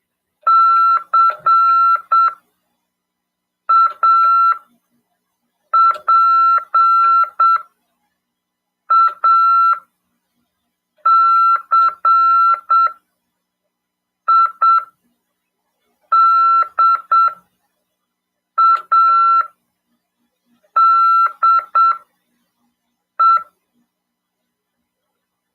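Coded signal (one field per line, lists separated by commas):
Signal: Morse code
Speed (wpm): 7 wpm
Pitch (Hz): 1350 Hz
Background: none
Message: CAPACIDADE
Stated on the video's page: Morse code (CW) lesson in an amateur radio class, broadcast on FM 146.410 MHz.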